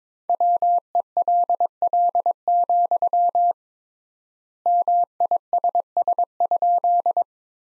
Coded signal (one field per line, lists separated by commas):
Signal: Morse code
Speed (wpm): 22 wpm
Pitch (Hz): 700 Hz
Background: none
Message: WELL, MISS?